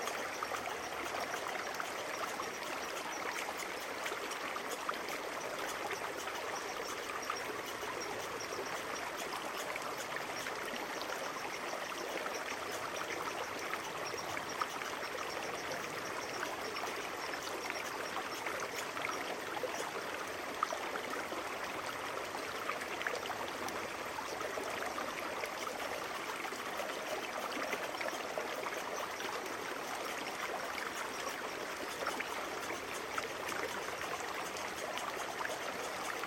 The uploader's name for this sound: Trout Creek